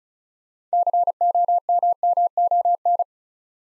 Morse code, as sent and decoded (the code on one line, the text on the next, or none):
-.-. --- -- -- --- -.
COMMON